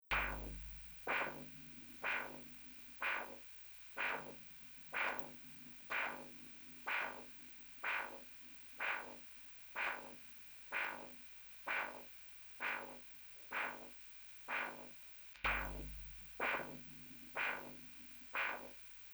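Steady, regular whooshing pulses at about 62 a minute, each a sharp swishing surge that fades quickly, over constant electronic hiss. A heartbeat picked up by a Doppler device, with an even rhythm throughout.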